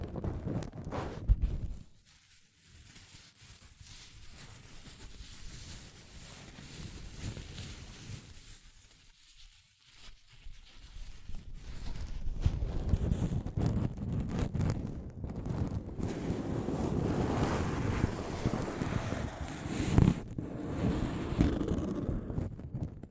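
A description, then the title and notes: Soft fabric brushes and rubs against a microphone, making dull, rumbling scrapes with low thumps. The rustling comes in uneven bursts, with quieter gaps near 2 and 10 seconds, then grows denser and louder from about 13 seconds on, with a sharp knock near 20 seconds. ASMR Mic Brushing using Soft Fabric (No Talking).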